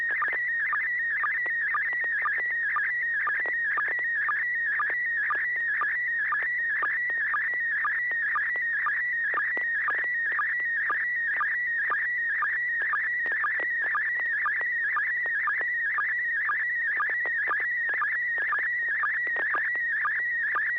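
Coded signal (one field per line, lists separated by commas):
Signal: SSTV (slow-scan television)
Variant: PD120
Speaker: this will be pd120 and I actually don't know what this is so we'll we'll figure it out together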